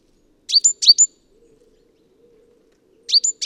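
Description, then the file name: Great tit's sharp rising chip notes, a short burst, a pause of about two seconds, then another burst; otherwise quiet. "Parus major"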